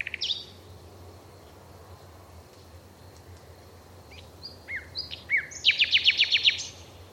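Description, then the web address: Bird calls: a burst of sharp high notes at the start, then after a quiet gap a run of chirps and downslurred notes that speeds into a quick, even trill of bright notes. "Bird Only"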